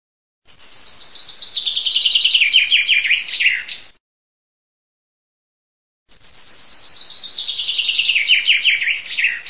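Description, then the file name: Common chaffinch singing two strophes, each a bright series of notes tumbling downward, separated by about two seconds of silence. "FRINGUELLOCD"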